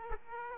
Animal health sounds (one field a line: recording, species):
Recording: mosquito wingbeat signal from an infrared sensor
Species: Aedes aegypti